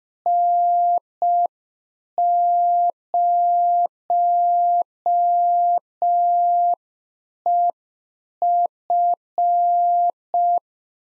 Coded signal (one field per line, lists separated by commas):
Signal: Morse code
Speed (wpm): 5 wpm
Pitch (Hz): 700 Hz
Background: none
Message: N0EF